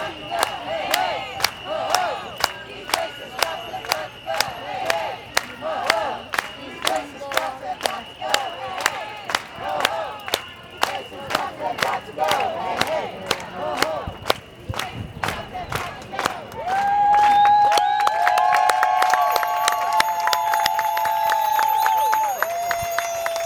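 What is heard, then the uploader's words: Many voices chant together at a steady, quick beat, sharp claps or strikes landing about three times a second through the first seventeen seconds. Around seventeen seconds long, bright whistles or horns blare over the crowd and hold to the end. Black Lives Matter bike protest, Brooklyn and Manhattan, NY. The protest started in Grand Army Plaza, moved through Flatbush and Atlantic Avenue, car traffic on the Brooklyn Bridge, through lower Manhattan, Tribeca, SoHo and NoHo, Washington Square Park, car traffic on the Williamsburg bridge, and ending in Domino Park.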